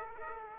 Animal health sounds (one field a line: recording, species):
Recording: mosquito wingbeat signal from an infrared sensor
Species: Aedes aegypti